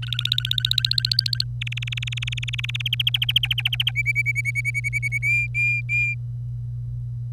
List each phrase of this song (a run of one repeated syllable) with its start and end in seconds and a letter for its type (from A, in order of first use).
0.02-1.44 A, 1.61-2.82 B, 2.85-3.91 C, 3.95-5.18 D, 5.22-6.14 E